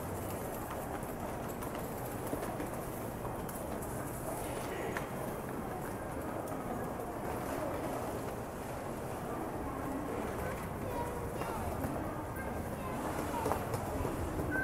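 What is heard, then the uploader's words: A busy train station with a dense, steady murmur of people talking and the low rumble of trains running underneath. The level hardly changes across the clip, with brief brighter clinks and knocks standing out now and then, one near the middle. It is a recording of a busy train station. You can hear the hustle and bustle of the station, people talking, trains coming and going, and other ambient noise.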